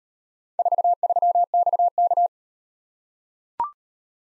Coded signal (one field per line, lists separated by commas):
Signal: Morse code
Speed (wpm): 38 wpm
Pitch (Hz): 700 Hz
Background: none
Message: 43XK